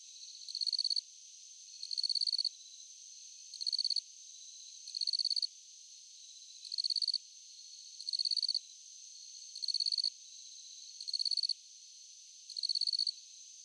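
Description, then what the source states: Cricket chirps in brief high pulsed bursts, each under a second, repeating about every one and a half seconds over a constant thin background drone. Crickets at night.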